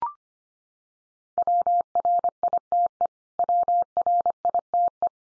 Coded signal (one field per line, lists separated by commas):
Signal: Morse code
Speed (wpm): 24 wpm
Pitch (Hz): 700 Hz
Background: none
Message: WRITE WRITE